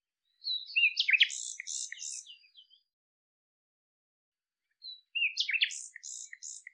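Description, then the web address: Bird song phrases: twice, a slurred whistle sweeps into a string of buzzy, metallic notes, with silence between the two phrases. "cianscape birddata Deverinetal 2025 Bird Lu Me Lu Me"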